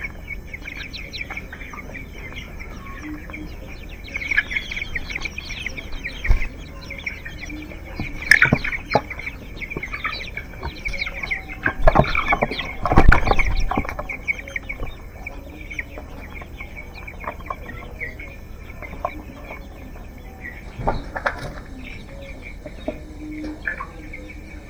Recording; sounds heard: poultry house recording; healthy chickens